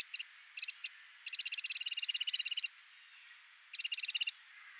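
Eurasian wren rattle: a few short clicking bursts, then a long fast run of harsh ticks, a pause, and one more brief rattle.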